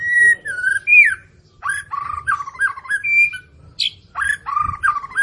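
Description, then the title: White-rumped shama: clear whistled song, a bright falling note, then repeated wavering rolled phrases separated by short gaps. Captive murai batu morning song used as a lure to prompt caged birds into full, active singing with rich varied fill-in phrases. "PANCINGAN MURAI BATU. PAGI HARI! MURAI BATU GACOR ISIAN MEWAH"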